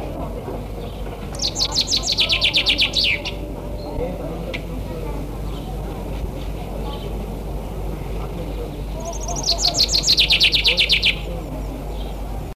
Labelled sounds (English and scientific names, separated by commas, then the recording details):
Common Chaffinch (Fringilla coelebs) song
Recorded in the wild
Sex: male
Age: adult
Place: Primorsko, Burgas, BG
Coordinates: 42.2667, 27.75
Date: 1967-06-10
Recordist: Stiefel, Arnd
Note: Bei Primorsko: Gesang eines Buchfinken